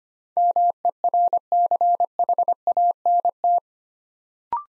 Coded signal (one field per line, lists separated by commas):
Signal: Morse code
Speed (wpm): 25 wpm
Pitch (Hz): 700 Hz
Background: none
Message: MERCHANT